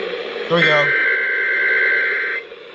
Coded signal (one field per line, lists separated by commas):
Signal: Emergency Alert System (SAME) tones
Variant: header bursts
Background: speech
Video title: EAS Alerts from mid July-early August 2026 (EAS 230-239)